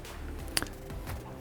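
Quiet handling and a low background hum lead to a crisp, bright click at 0.6 s, with a softer echo click right after. Such a short snap means a small plastic latch has caught and is holding.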